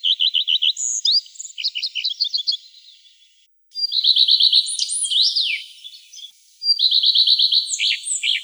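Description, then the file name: Common redstart song, high and sweet. Each phrase begins with fast repeated notes and ends in a squeaky, jumbled flourish. The phrases come almost back to back, with two short gaps. "Phoenicurus phoenicurus"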